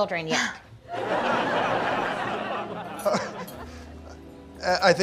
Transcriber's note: laughter